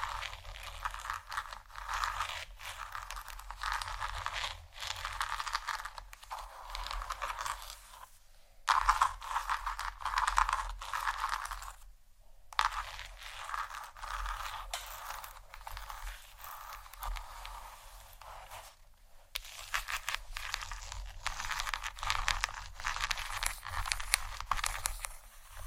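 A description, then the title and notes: Gentle scratching in dense, crackly bursts, mostly bright and papery, with brief silent pauses near 8, 12 and 19 seconds and a low hum. ASMR Gentle Scratching For Sleep（No Talking）.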